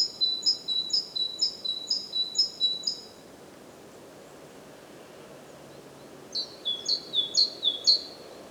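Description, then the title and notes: Great tit song: a strophe of several ringing two-note phrases, a pause, then a second strophe in a different pattern with falling notes. Recorded at Głodówka, Žilina Region, Slovakia, with a Zoom F3 recorder and Usi Pro microphones. "Głodówka, Kraj żyliński, Słowacja - Great voice of a great tit. Recordist: Maciej Wirmański"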